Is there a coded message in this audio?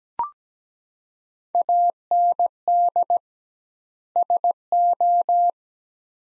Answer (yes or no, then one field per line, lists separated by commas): yes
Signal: Morse code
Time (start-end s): 1.5-5.5 s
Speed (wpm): 17 wpm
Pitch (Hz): 700 Hz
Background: none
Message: AND SO